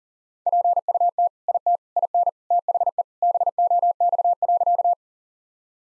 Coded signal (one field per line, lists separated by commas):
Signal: Morse code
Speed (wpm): 40 wpm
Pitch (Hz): 700 Hz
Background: none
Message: PUT IT IN THE BOX.